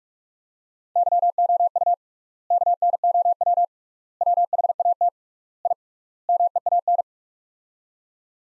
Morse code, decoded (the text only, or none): YOU KNOW WHAT I MEAN